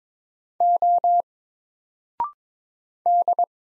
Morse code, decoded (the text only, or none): O D